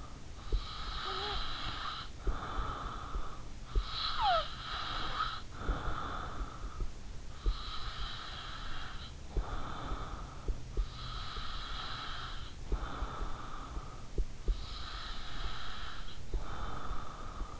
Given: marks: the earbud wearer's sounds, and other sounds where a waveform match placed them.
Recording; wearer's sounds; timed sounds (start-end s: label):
sounds in sleep by an in-ear microphone; snoring breath, breath
0.00-0.66 s: snoring breath
0.66-3.66 s: breath
3.66-7.16 s: snoring breath
7.16-17.60 s: breath